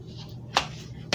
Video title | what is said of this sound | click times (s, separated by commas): Review slopehill Professional Hair Dryer, Ionic Hair Dryer with Diffuser, Lightweight Compact Powerf | similarly just snaps in here | 1.1 s